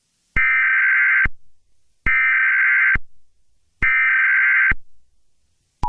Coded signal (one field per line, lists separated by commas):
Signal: Emergency Alert System (SAME) tones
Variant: header bursts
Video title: QBC Emergency Alert System Test - 10/04/23 | QBC